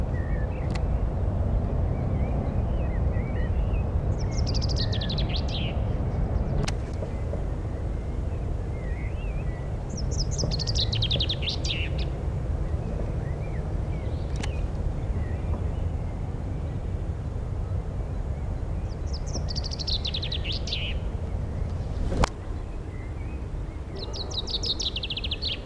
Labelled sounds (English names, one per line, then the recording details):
Common Chaffinch song
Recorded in the wild
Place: Garmisch-Partenkirchen, Bayern, DE
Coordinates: 47.5053, 11.0797
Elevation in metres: 778
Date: 1980-03-28
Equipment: Uher 4000 Report, Sennheiser MKH 815 T
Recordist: Tretzel, Erwin